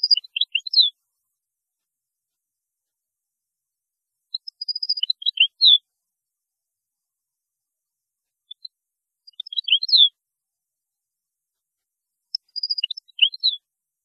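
European goldfinch song: four short twittering phrases of high tinkling notes, about every four seconds, with silence between them.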